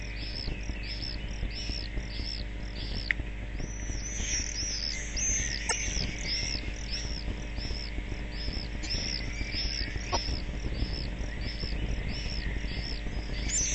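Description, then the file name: Shrill screams of common swifts, evenly spaced high arched notes repeating steadily for the whole stretch, set against persistent low background rumble. "gierzwaluw"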